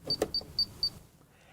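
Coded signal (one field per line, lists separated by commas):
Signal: beep code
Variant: Hunter ROAM remote receiver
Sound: four quick high-pitched beeps in a row, with a click after the first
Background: quiet room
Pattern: 4 short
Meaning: Receiver is powered and ready to learn a new address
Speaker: you'll plug back on your receiver in here your four beeps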